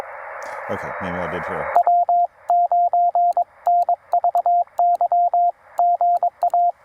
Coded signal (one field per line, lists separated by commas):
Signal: Morse code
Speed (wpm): 22 wpm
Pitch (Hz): 690 Hz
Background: speech, radio noise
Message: W9NVY GA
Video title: Minimal Antenna for Maximum Results: POTA with Two 31’ Wires at Carolina Beach State Park!